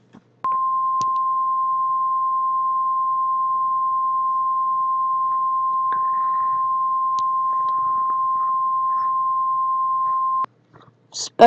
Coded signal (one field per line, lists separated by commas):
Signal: Emergency Alert System (SAME) tones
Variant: 1050 Hz attention tone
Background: speech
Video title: EAS alerts for your radio [SEASON 1 EPISOIDE 1 PREMIERE!!]